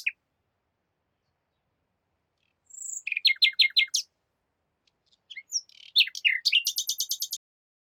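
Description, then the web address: Bird song, high-pitched phrases of rapid repeated notes with trills and chirps in two bursts separated by a pause, on a silent background. Recorded in Spain. "Jake Fielding - Sounds of Spain BIRDSong Bird, Nature, Isolated, Spain Jake Fielding Sounds of Spain"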